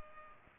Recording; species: mosquito wingbeat signal from an infrared sensor; Culex pipiens